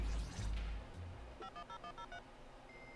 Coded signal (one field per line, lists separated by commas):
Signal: DTMF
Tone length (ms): 90 ms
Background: music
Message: 510103